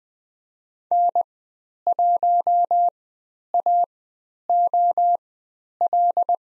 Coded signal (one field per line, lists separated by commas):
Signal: Morse code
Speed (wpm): 20 wpm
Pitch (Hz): 700 Hz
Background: none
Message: N1AOL